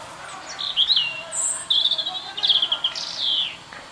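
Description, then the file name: European robin song: a steady, varied phrase of high, trilled and warbled notes, some fluttering, flowing almost without break for several seconds. "Erithacus rubecula"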